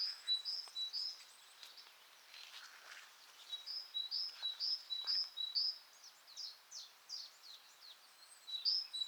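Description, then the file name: Great tit giving repeated high-low two-note phrases in short bursts, broken by a pause with scattered chirps. "Parus major"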